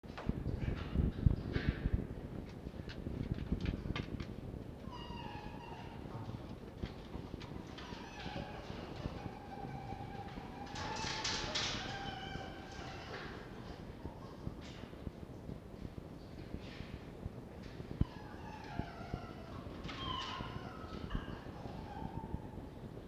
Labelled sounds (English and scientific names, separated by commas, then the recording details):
Red Fox (Vulpes vulpes)
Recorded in captivity
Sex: male
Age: adult
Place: Zoologisches Institut der HUB, Berlin, DE
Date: 1952-03-26 18:50
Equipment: Elmetra
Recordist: Tembrock, Günter
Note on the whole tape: Franzl (unter anderen) mit Winseln und sogenanntem "Ranzbellen" unmittelbar nach der Fütterung. (Dieser Laut wurde bei ihm stets nur nach der Fütterung gehört; auch in Verbindung mit dem Heraustragen eines Knochens in der Nähe von Mucki